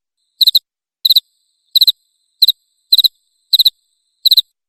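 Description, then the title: Cricket chirping, loud high-pitched triple-pulsed chirps repeated steadily, with silence between them. Loud cricket chirping played to make lovebirds sing continuously. "Suara JANGKRIK NGERIK Keras Bikin LOVEBIRD Jadi NGEKEK Terus"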